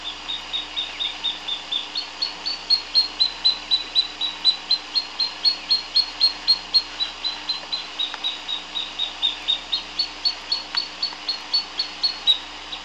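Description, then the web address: Pearl kite giving a long, steady string of sharp, high-pitched chipping notes, several each second, rising and falling slightly in loudness throughout; low constant hum in the background. In Ecuador. "Natures Songs S America Birds of Ecuador. Pearl Kite"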